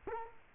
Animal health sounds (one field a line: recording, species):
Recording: mosquito wingbeat signal from an infrared sensor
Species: Culex quinquefasciatus